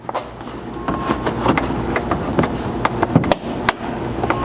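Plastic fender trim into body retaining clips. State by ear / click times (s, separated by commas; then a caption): seated / 1.6 s, 2.8 s, 3.3 s, 3.7 s. Plastic fender flare trim on a Nissan Frontier is nested back into place and lightly pressed in by hand during a front winch bumper install. Sharp snaps ring out at 1.6, 2.9, 3.3 and 3.7 seconds as the trim snaps into its body retaining clips, leaving it seated.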